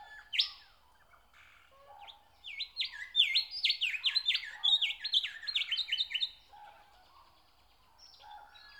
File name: Nature Sounds - Song of the nightingale